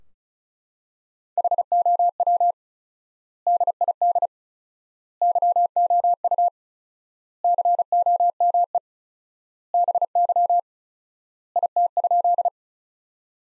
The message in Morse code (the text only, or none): HOW DID YOU COME BY IT?